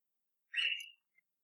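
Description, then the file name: Bird giving a short whistled note, fairly soft, followed by a faint short sound, otherwise quiet. Recorded at night, 13 July 2015, around 02:17. "Yoru Naku Tori 20150713-021708"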